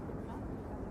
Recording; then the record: background sound without coughing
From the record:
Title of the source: Train Ride Ambience ambient white noise for sleeping, focus, studying, reading